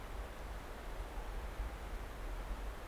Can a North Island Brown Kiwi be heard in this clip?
no